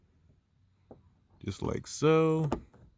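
A plastic LED dome light housing is handled and clipped into the opening in a car's roof headliner, with a brief tap of contact near 0.9 s before someone talks. The housing has not been pushed home yet, and nothing has seated or clicked.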